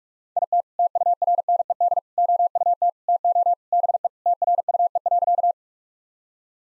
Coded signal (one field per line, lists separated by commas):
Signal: Morse code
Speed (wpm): 44 wpm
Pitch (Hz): 700 Hz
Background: none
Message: IT TURNED OUT TO BE TRUE.